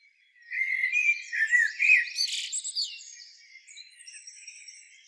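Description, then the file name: Common blackbird song: a low, mellow warbled phrase, then a squeaky high twitter trailing off into thin, faint notes. "Turdus merula"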